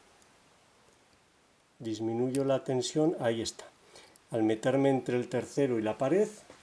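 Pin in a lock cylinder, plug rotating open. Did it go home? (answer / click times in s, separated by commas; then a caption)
no / none. Someone talks while picking the pins of a Yale Superior lock cylinder with 9 pins and 4 sliders, working between the third pin and the wall with reduced tension. A faint tick is heard at 0.2 s before the talking begins. Nothing has seated or clicked yet, and the plug has not turned open.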